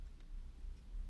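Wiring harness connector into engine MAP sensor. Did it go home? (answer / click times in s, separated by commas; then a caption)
no / none. The male plastic connector of an add-on aFe Scorcher GT T-harness is being handled toward the MAP sensor on a 2021+ Ford Bronco, tab facing up. Only a low, steady rumble with faint handling noise is heard, with no sharp transients. Nothing has seated or clicked yet.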